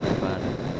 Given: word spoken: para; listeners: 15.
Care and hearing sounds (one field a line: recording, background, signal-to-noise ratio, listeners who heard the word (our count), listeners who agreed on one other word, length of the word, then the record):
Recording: one Spanish word in noise, from a listening test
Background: noise modulated by three-talker babble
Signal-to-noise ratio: -4.6 dB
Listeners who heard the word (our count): 0 of 15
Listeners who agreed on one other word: 7 of 15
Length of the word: 0.40 s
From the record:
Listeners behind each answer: 7, 2, 2, 1, 1, 1, 1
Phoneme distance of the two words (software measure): 17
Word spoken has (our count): 2 syllables, 4 phonemes, stress on syllable 1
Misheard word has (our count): 1 syllable, 3 phonemes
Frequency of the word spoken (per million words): 6962.26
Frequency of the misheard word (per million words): 150.90